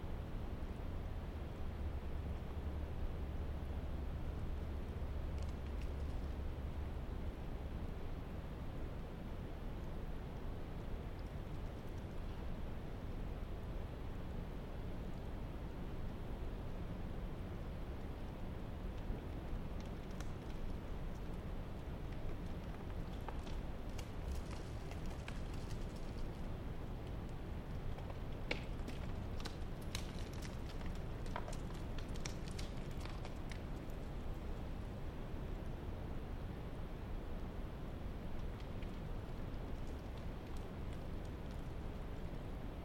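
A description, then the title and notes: A restless mountainside air sound: a dense, steady low rumble that holds at an even level for the whole stretch. A deeper hum sits under the first several seconds. Scattered sharp ticks and clicks, like small stones shifting, cluster between about 20 and 35 seconds. Unsettled Mountainside Rock-Air. I was out wandering the Mt Baker-Snoqualmie Wilderness. It had snowed just a week ago, the first substantial snow in the Cascades since the previous year. Any ambient recordings were going to have a continual white noise background of meltwater in the background.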